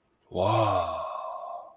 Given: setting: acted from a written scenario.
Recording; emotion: vocal sound without words; awe